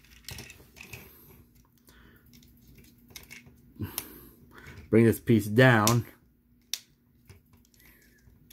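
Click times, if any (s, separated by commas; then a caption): 6.7 s. Someone talks while folding a plastic limb piece down into the body of a transforming action figure during its transformation. The piece locks into place with a sharp click at 6.7 s, and the part is seated.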